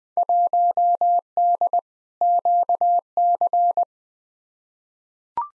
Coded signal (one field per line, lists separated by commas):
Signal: Morse code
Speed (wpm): 20 wpm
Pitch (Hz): 700 Hz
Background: none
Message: 1D QC